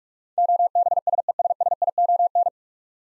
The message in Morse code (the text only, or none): OBSESSION